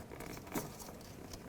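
The plastic electrical connector of the ABS wheel-speed sensor on the front suspension of a 1997-2003 Ford F-150 is handled as it is brought to its mating harness connector. Soft rustling and a few faint taps are heard. Nothing has seated or clicked yet.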